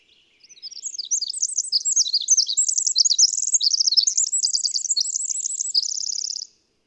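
Bird song: about six seconds of tumbling, very high chirps and slurs that finish in a steady, rapid trill, with silence around it.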